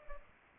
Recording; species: mosquito wingbeat signal from an infrared sensor; Aedes albopictus